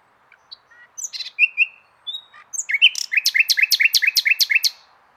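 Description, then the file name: Common nightingale song: a few thin whistles and scratchy notes, then a rapid run of loud, repeated, rattling notes that ends abruptly. "Luscinia megarhynchos"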